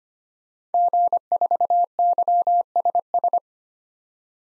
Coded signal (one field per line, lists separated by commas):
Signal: Morse code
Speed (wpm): 25 wpm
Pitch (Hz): 700 Hz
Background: none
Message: G4YSS